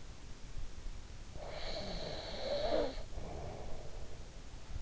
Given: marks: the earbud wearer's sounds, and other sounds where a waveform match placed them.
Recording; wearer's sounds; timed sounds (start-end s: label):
sounds in sleep by an in-ear microphone; snoring breath
1.10-4.48 s: snoring breath